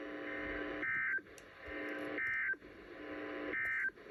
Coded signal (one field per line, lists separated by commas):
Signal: Emergency Alert System (SAME) tones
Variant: end-of-message bursts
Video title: Severe Thunderstorm Warnings (EAS Capture #89-90)